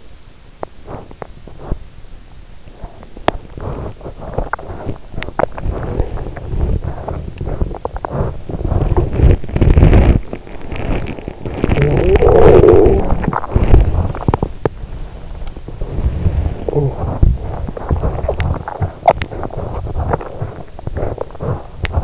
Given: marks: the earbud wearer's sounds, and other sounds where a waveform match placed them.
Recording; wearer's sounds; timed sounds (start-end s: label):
sounds in sleep by an in-ear microphone; teeth grinding, body movement, cough or throat clearing or sniffle, talking in sleep
0.46-2.14 s: teeth grinding
2.98-8.54 s: teeth grinding
8.54-11.58 s: body movement
11.58-13.39 s: cough or throat clearing or sniffle
13.39-15.26 s: body movement
15.65-17.46 s: talking in sleep
17.46-22.04 s: teeth grinding